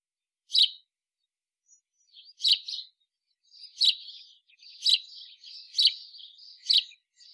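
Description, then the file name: House sparrow giving several loud single chirps, with a quieter chattering twitter between the later ones. "Passer domesticus"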